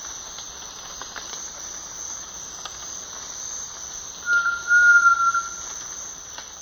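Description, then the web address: Ochre-striped antpitta with a single drawn-out level whistle lasting about a second, set against a constant high-pitched insect drone and soft ticking. Recorded in the eastern lowlands of South America. "Natures Songs S America Eastern Lowlands. Ochre-striped Antpitta"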